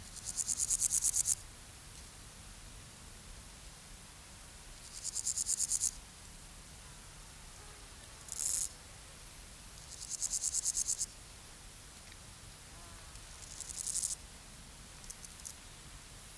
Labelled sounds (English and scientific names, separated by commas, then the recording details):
Meadow Grasshopper (Chorthippus parallelus) stridulation
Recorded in the wild
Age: imago
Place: Treuchtlingen, Heumöderntal, Bayern, DE
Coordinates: 48.96, 10.91
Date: 1993-09-02 13:49
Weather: sonnig 18.8°C
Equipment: Marantz CP 430, Sennheiser MKH 416 T, Kopie Uher Variocord 263
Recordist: Tembrock, Günter